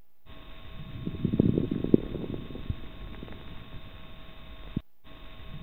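Coarse crackles heard over adult lungs by stethoscope, sounding like bubbling underwater; a sign of fluid in the lungs, caused by airway opening and secretions, most commonly associated with congestive heart failure and pneumonia.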